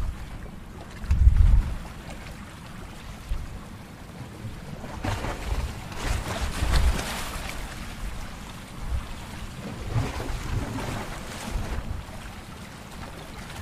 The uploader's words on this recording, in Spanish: Sonido del Mar de Cancún, Sonido de las Olas Relajantes.